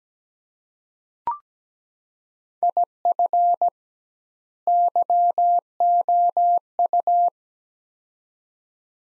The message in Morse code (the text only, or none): IF YOU